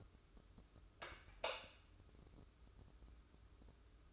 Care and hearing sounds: daily activity, microphone in the room; light on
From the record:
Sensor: 2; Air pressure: 995.2 hPa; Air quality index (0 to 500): 71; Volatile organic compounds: 2 ppm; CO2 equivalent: 1246 ppm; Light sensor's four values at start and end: 8/19/8/8 and 13/36/14/14

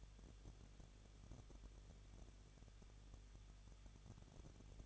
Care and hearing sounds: daily activity, microphone in the room; no activity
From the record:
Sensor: 4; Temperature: 23.1 degrees Celsius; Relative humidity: 33.9%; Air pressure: 1007.2 hPa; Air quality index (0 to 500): 216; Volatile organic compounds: 15 ppm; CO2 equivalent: 2493 ppm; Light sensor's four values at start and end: 2/3/1/1 and 2/3/1/1

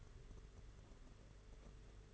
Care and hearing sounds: daily activity, microphone in the room; take from stove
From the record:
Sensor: 4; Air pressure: 991.9 hPa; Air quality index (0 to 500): 85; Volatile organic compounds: 6 ppm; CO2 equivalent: 1933 ppm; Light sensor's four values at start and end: 21/75/27/29 and 21/75/27/29

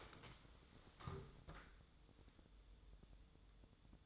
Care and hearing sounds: daily activity, microphone in the room; stand up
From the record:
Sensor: 3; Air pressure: 1005.1 hPa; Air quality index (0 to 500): 93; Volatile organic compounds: 3 ppm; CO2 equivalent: 1450 ppm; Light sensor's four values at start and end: 10/22/9/9 and 9/22/9/9

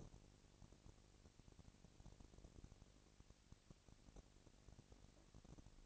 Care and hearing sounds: daily activity, microphone in the room; no activity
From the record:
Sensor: 4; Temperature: 22.5 degrees Celsius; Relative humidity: 33.3%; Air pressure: 999.6 hPa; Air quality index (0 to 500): 231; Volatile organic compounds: 21 ppm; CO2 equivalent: 2707 ppm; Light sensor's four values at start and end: 2/3/1/1 and 2/3/1/1

